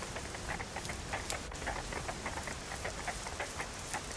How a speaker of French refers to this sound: T'entends pas? Ah, si, si, j'entends à présent. Ouh, mais c'est un terrible orage. Où est la pluie?